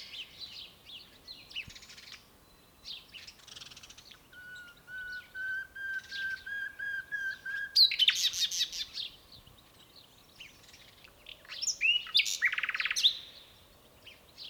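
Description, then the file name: Common nightingale song: a long run of pure whistled notes slowly rising and swelling, then loud rattling phrases, a pause, and another burst of harsh notes. "Luscinia megarhynchos"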